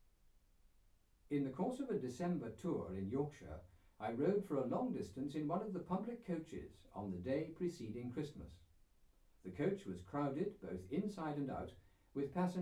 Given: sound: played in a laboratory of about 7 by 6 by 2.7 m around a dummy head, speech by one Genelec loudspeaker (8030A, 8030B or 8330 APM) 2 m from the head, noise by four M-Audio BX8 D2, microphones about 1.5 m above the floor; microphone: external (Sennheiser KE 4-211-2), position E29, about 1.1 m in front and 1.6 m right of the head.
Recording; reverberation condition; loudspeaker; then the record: male speech in English; low; 120 degrees to the right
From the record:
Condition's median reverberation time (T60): about 310 ms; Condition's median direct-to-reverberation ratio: about 3.5 dB